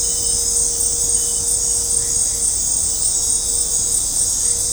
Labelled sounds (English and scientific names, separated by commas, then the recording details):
none
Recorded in dense forest near Puerto Asís, Putumayo, Colombia, on 26 December 2024 at 19:00
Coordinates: 0.503, -76.323
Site G043